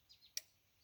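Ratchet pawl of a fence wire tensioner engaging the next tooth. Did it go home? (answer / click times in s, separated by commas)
yes / 0.4 s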